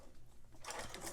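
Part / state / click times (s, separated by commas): button holder slide into sewing machine buttonhole foot / seated / 0.9 s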